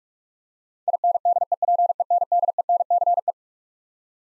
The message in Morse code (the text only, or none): INDEPENDENCE